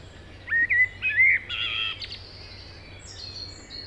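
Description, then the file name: Common blackbird phrase of a few rich, fluty whistles with a brief scratchy flourish, then fading to thin high notes and background hiss. "Turdus merula"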